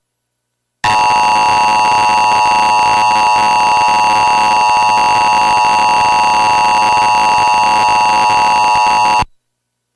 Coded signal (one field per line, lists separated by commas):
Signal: Emergency Alert System (SAME) tones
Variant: 853 and 960 Hz attention tone